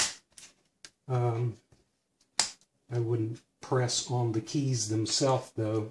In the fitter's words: I would go around on the edges you can hear it snap